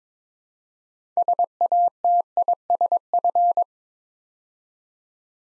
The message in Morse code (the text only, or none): SATISF